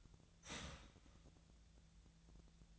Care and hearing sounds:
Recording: daily activity, microphone in the room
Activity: start toaster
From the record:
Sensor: 3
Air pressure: 1009.3 hPa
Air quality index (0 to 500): 198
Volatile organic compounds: 17 ppm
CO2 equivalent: 2571 ppm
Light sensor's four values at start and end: 29/72/30/32 and 20/50/21/21

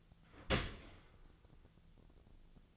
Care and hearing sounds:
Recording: daily activity, microphone in the room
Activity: open dishwasher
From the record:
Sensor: 4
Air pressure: 1001.3 hPa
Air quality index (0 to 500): 178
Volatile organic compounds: 2 ppm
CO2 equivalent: 1271 ppm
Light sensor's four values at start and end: 11/26/11/11 and 11/25/10/11

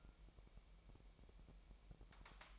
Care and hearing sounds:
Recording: daily activity, microphone in the room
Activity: take from stove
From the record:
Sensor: 1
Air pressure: 1002.0 hPa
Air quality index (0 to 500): 246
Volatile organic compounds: 50 ppm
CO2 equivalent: 3298 ppm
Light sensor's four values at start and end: 5/12/5/6 and 5/12/5/6

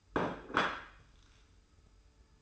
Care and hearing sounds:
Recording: daily activity, microphone in the room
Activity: place plate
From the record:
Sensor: 2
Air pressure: 990.7 hPa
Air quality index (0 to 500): 150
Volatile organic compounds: 402 ppm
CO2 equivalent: 4675 ppm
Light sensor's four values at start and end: 27/63/26/26 and 27/63/26/26

